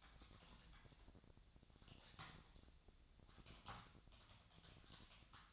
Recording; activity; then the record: daily activity, microphone in the room; typing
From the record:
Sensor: 3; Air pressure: 999.2 hPa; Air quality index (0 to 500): 206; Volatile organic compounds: 55 ppm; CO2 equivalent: 3362 ppm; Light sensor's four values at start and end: 8/20/7/8 and 8/20/7/8